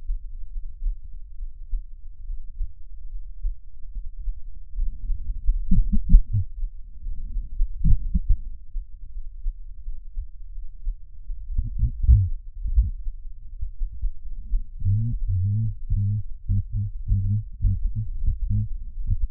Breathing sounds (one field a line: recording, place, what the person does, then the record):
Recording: lung sounds by stethoscope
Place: right anterior apical chest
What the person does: quiet breathing, then cough and speech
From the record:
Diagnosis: none (healthy)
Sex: male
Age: 29 years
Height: 180 cm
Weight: 100 kg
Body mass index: 30.9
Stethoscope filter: bell mode